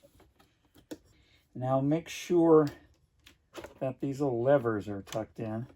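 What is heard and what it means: Metal retaining pieces are pressed into the edge of the plastic case of a white Intel iMac while its LCD is reassembled, and they snap into place with a sharp click at 0.9 s. Faint taps and small knocks come before it and another knock follows at 3.3 s, while someone talks.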